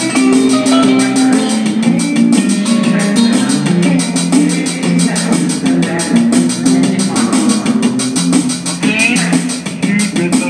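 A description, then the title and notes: Subway busking at 14th Street: steady, dense live music with held low notes over a quick, regular beat, brightening briefly near nine seconds. Some pretty awesome subway busking at 14th street.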